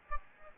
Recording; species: mosquito wingbeat signal from an infrared sensor; Aedes albopictus